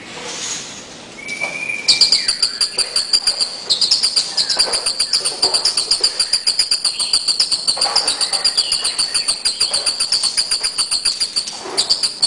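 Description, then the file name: Bird song of rapid, high, evenly pulsed chirps, about four a second, over a quieter lead-in, with short flat whistled notes lower down. "burungrio"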